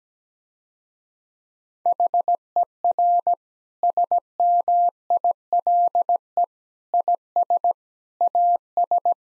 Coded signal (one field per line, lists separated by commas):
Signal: Morse code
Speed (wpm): 17 wpm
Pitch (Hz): 700 Hz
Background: none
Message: HER SMILE IS AS